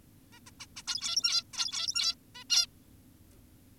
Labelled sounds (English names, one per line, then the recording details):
Zebra Finch
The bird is an adult
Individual g17y2U